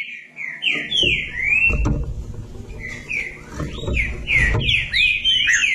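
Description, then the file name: Green-winged saltator whistled song phrases, rising and falling slurred notes, with low rumbling thumps and background noise underneath. "canto do trinca ferro"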